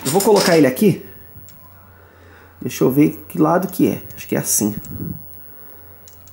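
A second SD card is pushed toward the SD slot of a game cartridge while someone talks, working out which way it goes. Faint short ticks are heard, but the card has not seated or clicked yet, as the one-handed attempt fails.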